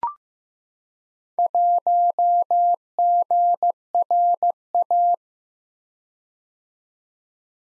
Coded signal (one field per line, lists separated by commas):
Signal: Morse code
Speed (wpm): 15 wpm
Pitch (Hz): 700 Hz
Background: none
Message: 1GRA